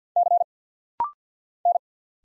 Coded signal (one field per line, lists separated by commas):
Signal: Morse code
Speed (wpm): 50 wpm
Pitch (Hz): 700 Hz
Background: none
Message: C N